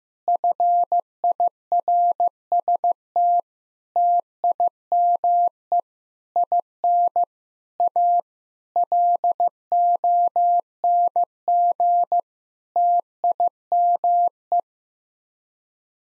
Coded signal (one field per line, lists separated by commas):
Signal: Morse code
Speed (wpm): 15 wpm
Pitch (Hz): 700 Hz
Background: none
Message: FIRST TIME IN A LONG TIME